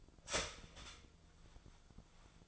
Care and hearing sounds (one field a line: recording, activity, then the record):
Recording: daily activity, microphone in the room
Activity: start toaster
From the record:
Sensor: 5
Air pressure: 1009.4 hPa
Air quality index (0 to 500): 170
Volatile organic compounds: 4 ppm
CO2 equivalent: 1648 ppm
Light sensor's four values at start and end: 90/238/97/102 and 90/238/97/102